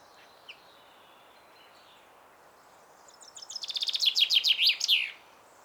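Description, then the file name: Common chaffinch song: after a faint note early on, a rapid series of bright repeated notes grows louder and descends, ending in a short flourish. "Fringilla coelebs"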